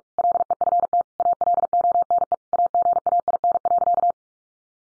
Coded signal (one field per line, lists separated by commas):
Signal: Morse code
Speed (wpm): 44 wpm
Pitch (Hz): 700 Hz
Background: none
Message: LEFT ALONE AGAIN.